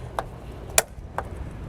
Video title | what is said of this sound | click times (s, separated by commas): Beginner’s Guide to Installing the Yakima RidgeLine Roof Rack for Flush Rails on a 2021 Mazda CX-5 | you just want to hear a little click | 0.8 s